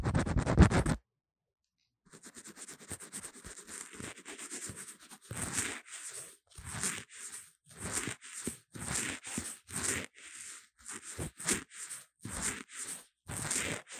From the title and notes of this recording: Lofi Mic Scratching & Tapping | No Talking.